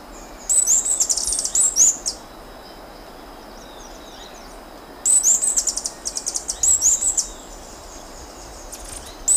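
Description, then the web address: Andean emerald producing quick runs of high, sharp, ticking chips with thin squeaks, in several bouts separated by quiet pauses. Ecuador. "Birds of Ecuador. Andean Emerald"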